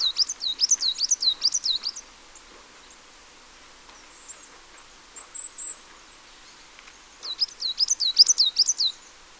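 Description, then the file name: Marsh tit calling with a fast run of high, sharply falling notes, then a quiet stretch with a few faint chips, before another similar run. "Poecile palustris"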